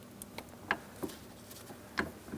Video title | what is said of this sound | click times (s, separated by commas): How to Replace Ignition Coil 2008-2016 Chrysler Town & Country 3.8L V6 | Now, once you hear an audible click, a light tug to confirm it's in the proper placement and secure, we're going to lock it down with the red locking tab. | 0.7 s